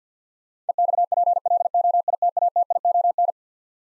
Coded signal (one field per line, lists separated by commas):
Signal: Morse code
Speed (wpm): 50 wpm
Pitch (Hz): 700 Hz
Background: none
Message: EXPLOITATION